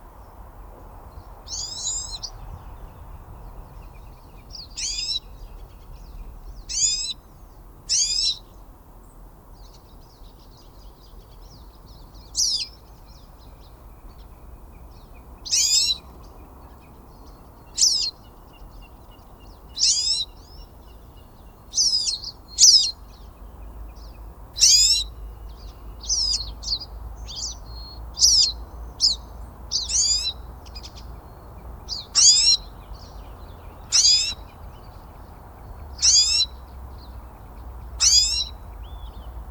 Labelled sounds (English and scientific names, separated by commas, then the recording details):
Pine Siskin (Spinus pinus) call
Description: Pine Siskin call recorded on the Sun Valley Trail in Rocky Mountain National Park
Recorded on 8 June 2016